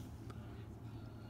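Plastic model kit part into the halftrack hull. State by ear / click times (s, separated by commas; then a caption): not seated / none. A plastic part with cut-out notches from a Dragon Sdkfz 252 halftrack munitions carrier scale model is handled and pressed toward the hull after the model is flipped over. A steady low rumble runs throughout, with one brief faint tick near 0.3 seconds. The clip ends before the part goes home, so nothing has seated or clicked yet.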